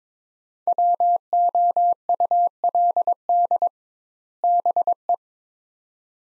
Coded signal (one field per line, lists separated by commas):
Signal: Morse code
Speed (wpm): 22 wpm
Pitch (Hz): 700 Hz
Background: none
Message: WOULD BE